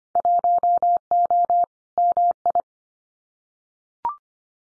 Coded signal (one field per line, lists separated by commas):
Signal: Morse code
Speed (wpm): 25 wpm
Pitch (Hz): 700 Hz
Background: none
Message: 1O MI